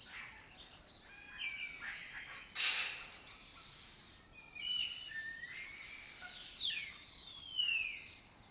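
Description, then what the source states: Lesser kestrels calling, grating chatters and slurred notes, a sudden loud burst, then sweeping falling calls. Colony of migratory raptors that took over an abandoned building in Doñana; breeds in southern Europe and spends its foraging time in West Africa.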